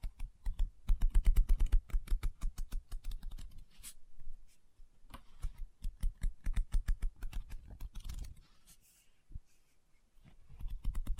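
Fingers tap rapidly on a book in dense, uneven bursts, the hits landing fast and close together with a dull, knocking body. Quieter gaps break the rhythm around four and nine seconds, with a brief papery swish near eight seconds before the tapping resumes.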